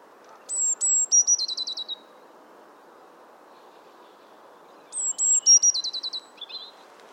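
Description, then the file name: Eurasian blue tit singing two phrases about four seconds apart, each two high thin whistles running into a fast, slightly lower trill, with faint background hiss. "Cyanistes caeruleus"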